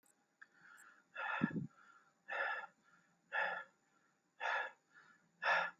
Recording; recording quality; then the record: shallow breathing; excellent, no background noise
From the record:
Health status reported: healthy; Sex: male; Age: 33 years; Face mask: not worn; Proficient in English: yes